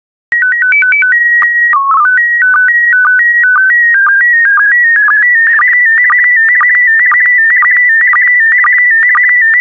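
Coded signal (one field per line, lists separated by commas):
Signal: SSTV (slow-scan television)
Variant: PD 120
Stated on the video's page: SSTV PD120 images of barnyard animals, generated for daily decoding practice.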